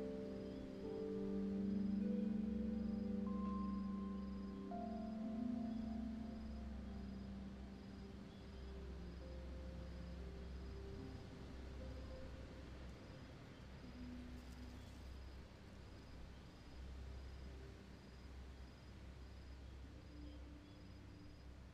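A fairground hums with a steady low rumble, while sustained organ-like tones swell in the first five seconds, then fade into a quieter drone.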